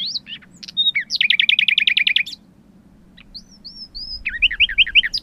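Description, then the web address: Common nightingale singing a loud rapid rattling trill of repeated notes, then a pause, a few pure whistles and another quick series, over a low background hum. "agykontroll Madardalok Cd 2. Fülemüle"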